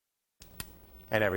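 A torque wrench tightens the cylinder head or camshaft cap bolts of a 4-stroke engine to spec, giving two short, sharp clicks at 0.4 s and 0.6 s as it breaks at its setting. Someone then talks.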